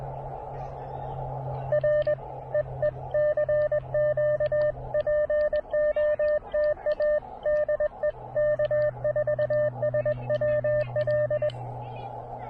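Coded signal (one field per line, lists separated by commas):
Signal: Morse code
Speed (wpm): 20 wpm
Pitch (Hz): 600 Hz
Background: radio noise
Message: R EE CQ POTA DE K4SWL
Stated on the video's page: QRP CW POTA park activation from a state park using an Elecraft KX2 and a random wire antenna.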